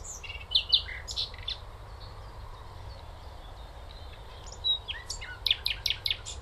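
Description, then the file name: Common nightingale delivering a short burst of varied whistled notes, pausing, then a fast series of sharp, rattling, high notes, over constant low background noise. "Luscinia megarhynchos"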